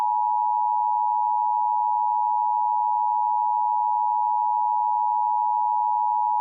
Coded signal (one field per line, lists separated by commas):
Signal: Emergency Alert System (SAME) tones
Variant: 853 and 960 Hz attention tone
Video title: EAS Mock 2: PINBALLLLLLLLLL